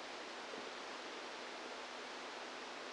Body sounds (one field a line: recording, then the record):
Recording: brain microelectrode recording played as sound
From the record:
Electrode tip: outside the subthalamic nucleus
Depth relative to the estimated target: -6 mm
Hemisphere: right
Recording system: NeuroSet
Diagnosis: Parkinson's disease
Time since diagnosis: 10 years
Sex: female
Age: 45 years